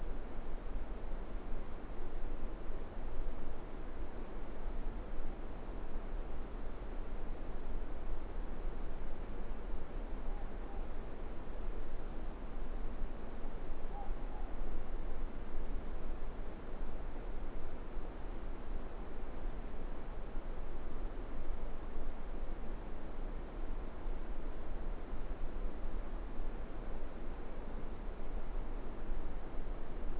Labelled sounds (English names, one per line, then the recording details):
Morepork more-pork call
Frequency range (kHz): Morepork 0.6-1.0 kHz
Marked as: faintness 5/5, faintness 4/5
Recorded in New Zealand
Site Eglinton